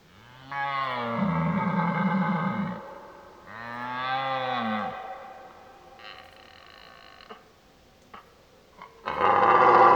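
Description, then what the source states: Red deer roaring: two long, deep, groaning bellows a second apart, followed by quieter moans and a final harsh burst at the end. Old stag roaring during the rut (burlen).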